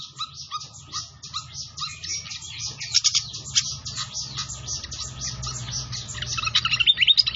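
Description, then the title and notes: Pied fantail chattering song, rapid squeaky notes over a steady hissing wash, with a burst of bright twittering near the end. Masteran training recording of clear-voiced singing, mixed with the sound of flowing water. "Masteran Sikatan Kipas Suara Jernih Dan Suara Gemericik Air. Suara Burung Sikatan Londo"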